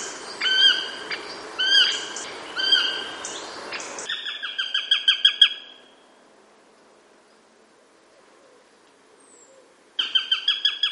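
Bird calls, a few harsh notes, then a fast stuttering chatter that stops abruptly, followed by silence before the calling resumes at the end.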